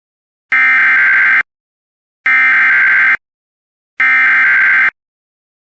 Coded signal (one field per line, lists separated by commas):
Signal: Emergency Alert System (SAME) tones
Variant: header bursts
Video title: EAS 6492: Winter Storm Warning for Somerset PA From 01/15/25